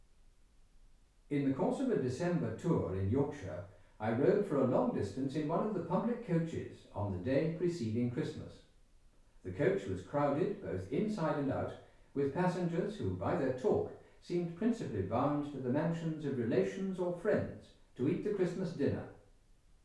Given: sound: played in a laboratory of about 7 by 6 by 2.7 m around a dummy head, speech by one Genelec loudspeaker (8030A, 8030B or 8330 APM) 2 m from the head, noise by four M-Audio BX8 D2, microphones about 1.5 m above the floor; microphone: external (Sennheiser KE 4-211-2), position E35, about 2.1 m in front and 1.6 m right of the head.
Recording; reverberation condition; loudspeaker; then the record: male speech in English; medium; 90 degrees to the right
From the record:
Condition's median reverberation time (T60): about 510 ms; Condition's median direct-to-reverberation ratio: about -0.5 dB